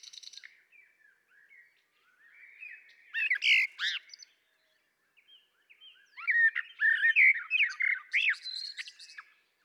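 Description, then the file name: Common nightingale song in two loud outbursts of sharp, explosive chirps and warbles, with near silence and faint twittering between them. "Luscinia megarhynchos"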